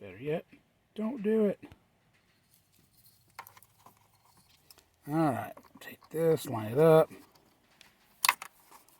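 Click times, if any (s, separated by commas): 8.2 s, 8.3 s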